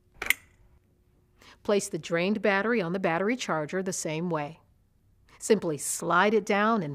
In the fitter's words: Then, push it away from you until you hear it click into place.